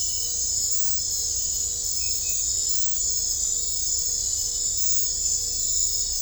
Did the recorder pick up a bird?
no